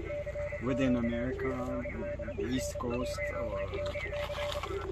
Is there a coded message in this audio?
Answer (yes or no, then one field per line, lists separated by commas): yes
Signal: Morse code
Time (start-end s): 0.1-4.6 s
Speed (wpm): 29 wpm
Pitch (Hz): 580 Hz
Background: speech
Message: CQ FD N1NC